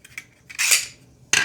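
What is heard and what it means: A dislodged part of a plastic snap mouse trap is pushed back into position in the trap body. A short, light click lands at about 0.2 s as it seats, after a faint tick just before. It is followed by a longer, bright scraping rustle around 0.6–0.9 s and another sharp, noisy burst near 1.3 s; the part ends up right back in place.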